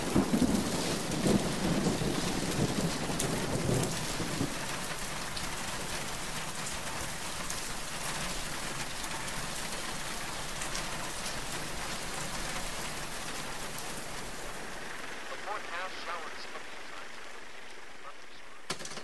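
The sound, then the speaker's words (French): Steady rain patters across a surface while low thunder rumbles through the opening seconds, then the downpour continues as a dense, even hiss that thins toward the end, with faint voice-like tones. “La pluie sur vos lèvres est fine. Nous implorons de vous la pluie, le don, l'immortalité.”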